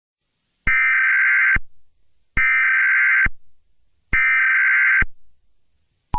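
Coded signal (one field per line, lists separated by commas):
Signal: Emergency Alert System (SAME) tones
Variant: header bursts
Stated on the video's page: Fictional Emergency Alert System scenario, not a real alert.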